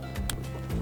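A factory plug is slid into the female connector of an adapter harness for an Apple CarPlay and Android Auto install on an Acura MDX/RDX/TLX/ILX. A soft sliding rub is followed by a sharp click at 0.3 s as the final connector snaps home and seats, over steady low background hum.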